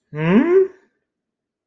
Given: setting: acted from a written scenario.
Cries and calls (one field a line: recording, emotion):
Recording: vocal sound without words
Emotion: embarrassment